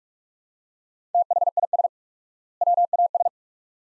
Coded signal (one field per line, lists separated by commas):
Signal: Morse code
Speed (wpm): 47 wpm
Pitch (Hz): 700 Hz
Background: none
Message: THIS WAS